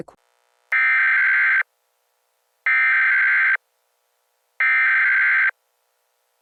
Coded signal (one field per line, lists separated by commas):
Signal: Emergency Alert System (SAME) tones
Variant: header bursts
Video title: The Mandela Event EAS scenario(part 1)